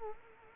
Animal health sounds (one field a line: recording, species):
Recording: mosquito wingbeat signal from an infrared sensor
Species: Culex quinquefasciatus